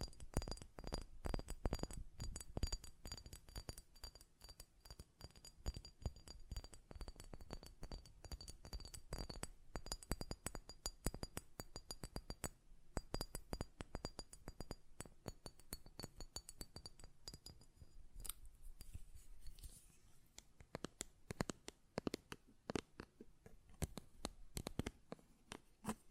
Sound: Glass Perfume Bottle Tapping & Lid Sounds